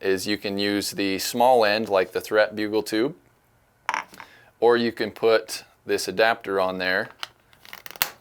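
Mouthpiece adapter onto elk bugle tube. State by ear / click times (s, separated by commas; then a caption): seated / 8.0 s. A plastic mouthpiece adapter is pressed onto the small end of an elk bugle tube while someone talks. Some soft handling clicks come first, then the adapter snaps on with a sharp click at 8.0 s, and it is seated.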